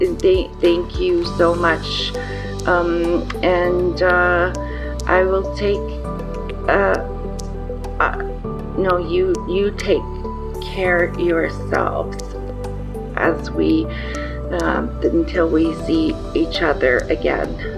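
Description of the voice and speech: Halting speech from a 54-year-old woman with aphasia about a week after a stroke: long pauses, drawn-out fillers, restarts and jumbled small words, with word-finding difficulty, errors with pronouns and words in the wrong order.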